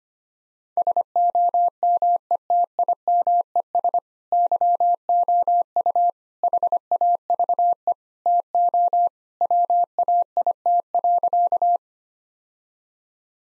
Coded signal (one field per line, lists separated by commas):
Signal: Morse code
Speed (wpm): 25 wpm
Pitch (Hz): 700 Hz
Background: none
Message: SOMETIMES YOU HAVE TO WAIT.